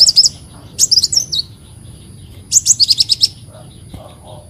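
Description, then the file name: Leafbird song: short clusters of bright, high chirping notes, a quick trill at the start, a sliding phrase, then a rapid run of five or six sharp notes. "Tieng chim xanh tim"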